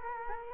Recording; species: mosquito wingbeat signal from an infrared sensor; Culex quinquefasciatus